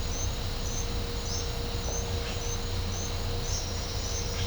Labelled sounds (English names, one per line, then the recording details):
none
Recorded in pastures near Puerto Asís, Putumayo, Colombia, on 20 December 2024 at 09:30
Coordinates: 0.502, -76.324
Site G077